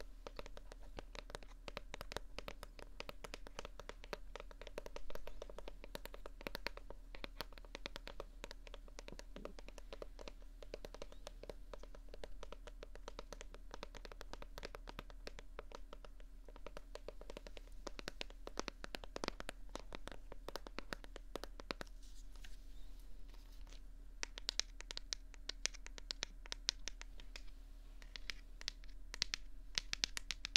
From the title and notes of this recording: ASMR ~ comfy tapping & visual light triggers.